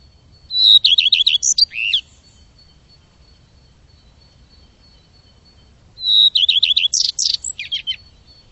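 Bird song: two high phrases of quick looping trilled notes ending in sharp buzzy downstrokes, separated by a few seconds of quiet.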